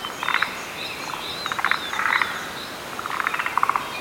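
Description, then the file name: Forest green tree frogs calling in a chorus: short bursts of rapid clucking pulses, overlapping irregularly, with a faint high whine throughout. "Rhacophorus arboreus"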